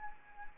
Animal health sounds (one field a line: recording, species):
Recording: mosquito wingbeat signal from an infrared sensor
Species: Anopheles arabiensis